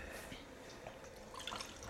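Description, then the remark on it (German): Boiled water is poured into a cup for drinking, a short steady trickle with light splashing and dripping that stays at a moderate level for about two seconds. “Abgekochtes Wasser.”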